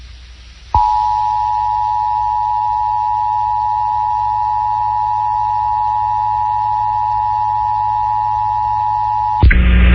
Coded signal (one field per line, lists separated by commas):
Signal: Emergency Alert System (SAME) tones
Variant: 853 and 960 Hz attention tone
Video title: 2021 EAS National Periodic Test - WBAL 1090 AM (BETTER QUALITY REUPLOAD)